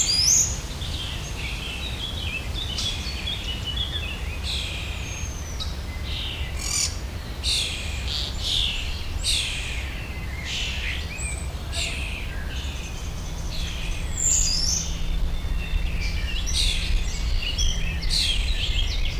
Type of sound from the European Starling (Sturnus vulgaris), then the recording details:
song. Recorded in the wild. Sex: male. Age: adult. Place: Schloßpark Niederschönhausen, Berlin, DE. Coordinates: 52.5789, 13.4081. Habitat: park. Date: 1997-05-16 19:01. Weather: sunny, 23°C. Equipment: Sony MD-WM MZ-R3, Sennheiser MKH 416 T, Kopie Uher 4000 Report Monitor. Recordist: Tembrock, Günter. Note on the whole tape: Männchen: Gesang mit Imitationen